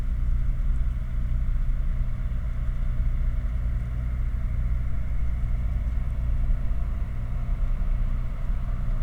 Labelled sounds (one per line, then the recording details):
machinery
flare stack
rain
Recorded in the Prudhoe Bay oil fields, Alaska, on 11 August 2019 at 20:53
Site 29